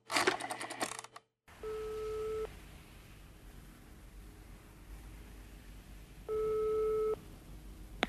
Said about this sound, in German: Denn jetzt schon wieder das Telefon.